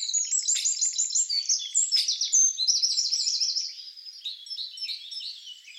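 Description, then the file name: Eurasian wren singing a fast, continuous stream of high, sharp trills and rattling phrases, with pulsed notes that run in quick succession and then fade slightly toward the end. "Troglodytes troglodytes"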